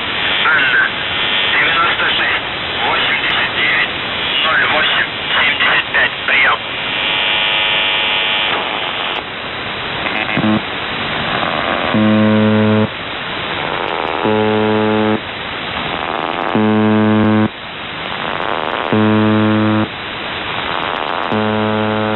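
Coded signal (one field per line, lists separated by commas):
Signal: numbers station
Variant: UVB-76 (The Buzzer)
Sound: static-laden voice-like murmur, then repeated one-second low harsh buzzes, about five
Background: radio static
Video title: The Buzzer/UVB-76(4625Khz) May 1st, 2023 12:54UTC Voice message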